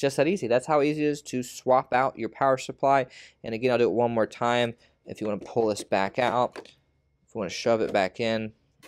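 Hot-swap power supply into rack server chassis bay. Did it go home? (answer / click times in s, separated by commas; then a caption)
no / none. A hot-swap power supply unit is handled at the rear bay of an HPE ProLiant DL360 Gen9 rack server chassis, about to be pulled back out and shoved back in, while someone talks throughout. Nothing has seated or clicked into the bay yet.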